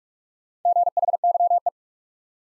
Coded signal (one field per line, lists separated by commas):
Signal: Morse code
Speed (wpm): 47 wpm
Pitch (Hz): 700 Hz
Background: none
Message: GHYE